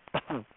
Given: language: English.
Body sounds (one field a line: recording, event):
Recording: throat vibration sensor signal played as sound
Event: cough